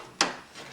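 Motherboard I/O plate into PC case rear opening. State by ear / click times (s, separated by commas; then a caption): seated / 0.2 s. A metal motherboard I/O plate is pushed into the rear opening of a PC case. After a quiet stretch, one sharp, broadband snap at 0.2 s marks the shield seating into the opening, then only faint rubbing and low background noise follow.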